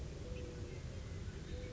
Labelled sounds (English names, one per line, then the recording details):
Mourning Dove
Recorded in Sonoma County, California